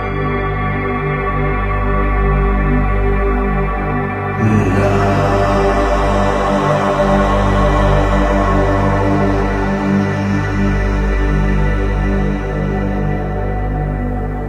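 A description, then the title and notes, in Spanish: A sustained chant of the mantra 'LAM', tuned to 396 Hz, hums as one unbroken drone with many stacked, even overtones. Around four and a half seconds a brighter, airier layer joins and stays, while the loudness holds level to the end. Frecuencia Harmony 396 Hz - Primer Chakra. El canto 'LAM' es el Mantra que se utiliza y la Frecuencia es 396Hz.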